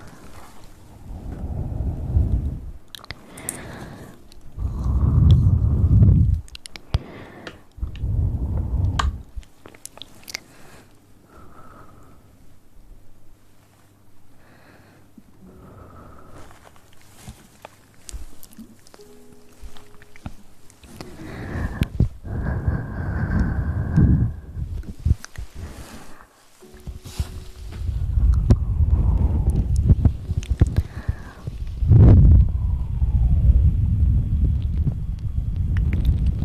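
Hand movements and mouth sounds come in bursts of low rubbing, thumping and wet clicks, with short sharp taps between them. The middle stretch, roughly ten to twenty seconds in, is quieter and sparse; after that the rustling and smacking grow busier and louder toward the end.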